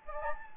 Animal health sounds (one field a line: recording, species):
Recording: mosquito wingbeat signal from an infrared sensor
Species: Anopheles gambiae